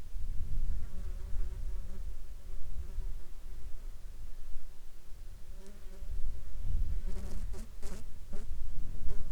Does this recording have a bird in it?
no